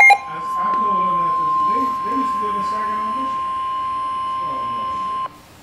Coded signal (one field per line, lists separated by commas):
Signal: Emergency Alert System (SAME) tones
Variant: 1050 Hz attention tone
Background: speech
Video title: EAS #15 SVR